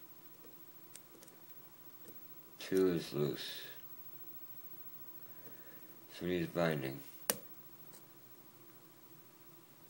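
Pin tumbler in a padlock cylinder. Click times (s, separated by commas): 7.3 s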